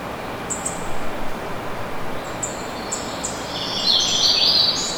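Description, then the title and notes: Birds giving short high chirps and a brief bright twittering burst near the end, over a constant broad rushing of falling water. Recorded outdoors in Brevard, North Carolina, with a waterfall in the distance. "Soundcasts: Waterfall and Birds. in Brevard, NC"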